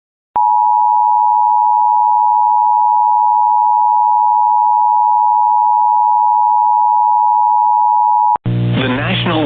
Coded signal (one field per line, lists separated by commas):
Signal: Emergency Alert System (SAME) tones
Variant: 853 and 960 Hz attention tone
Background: speech, music